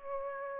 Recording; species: mosquito wingbeat signal from an infrared sensor; Aedes aegypti